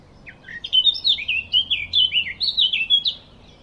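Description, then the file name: Eurasian blackcap song, a clear run of fluty, warbled notes jumping between middle and high pitches for about three seconds, against a quiet background. "Sylvia atricapilla"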